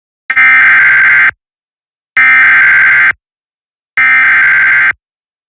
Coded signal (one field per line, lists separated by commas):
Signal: Emergency Alert System (SAME) tones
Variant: header bursts